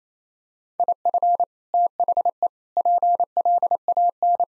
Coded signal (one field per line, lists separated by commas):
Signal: Morse code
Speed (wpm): 27 wpm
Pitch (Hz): 700 Hz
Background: none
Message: IF THE PLAN